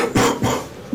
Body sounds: coughing mixed with background sound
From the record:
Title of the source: Spring Cold Coughing 3

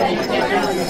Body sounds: background sound without coughing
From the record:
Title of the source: Nightlife Party Simulating Party Club Noise 1 Hour

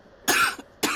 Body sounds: coughing mixed with background sound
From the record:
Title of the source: 64 coughing, allergies, singing lungs

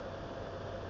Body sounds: background sound without coughing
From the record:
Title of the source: wind

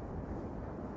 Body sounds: background sound without coughing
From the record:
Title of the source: Train Ride Ambience ambient white noise for sleeping, focus, studying, reading

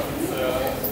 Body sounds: background sound without coughing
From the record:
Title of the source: 40 min - Ambience sounds UNIVERSITY lunchroom chatting

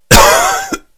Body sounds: coughing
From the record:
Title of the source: Coughing 51

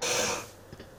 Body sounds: coughing mixed with background sound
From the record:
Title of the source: Cough Around the Clock!

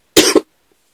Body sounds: coughing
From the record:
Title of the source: 55 gaggy wet cough

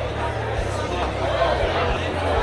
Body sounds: background sound without coughing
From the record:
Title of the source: CITY SOUNDS Busy Bar in the Evening Night - 2 HOURS of Ambiance for Relaxation

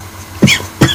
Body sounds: coughing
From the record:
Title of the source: Dry Coughing Fit in the Afternoon.

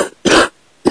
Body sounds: coughing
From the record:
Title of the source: 60 coughing still (deep and wet cough)

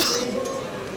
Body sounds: coughing mixed with background sound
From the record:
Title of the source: November cold (wet coughing)

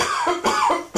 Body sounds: coughing mixed with background sound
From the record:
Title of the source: Spring Cold Coughing 2

